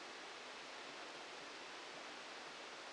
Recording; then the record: brain microelectrode recording played as sound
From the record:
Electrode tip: outside the subthalamic nucleus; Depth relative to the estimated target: -3 mm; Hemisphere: left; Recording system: NeuroSet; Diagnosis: Parkinson's disease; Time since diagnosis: 14 years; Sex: male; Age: 51 years